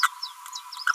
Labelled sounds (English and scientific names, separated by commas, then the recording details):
Green-rumped Parrotlet (Forpus passerinus) babbling
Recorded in a nest box in Venezuela
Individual 18B25A4